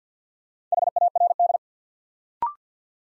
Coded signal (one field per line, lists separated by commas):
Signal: Morse code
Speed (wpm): 50 wpm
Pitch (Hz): 700 Hz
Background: none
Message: HARD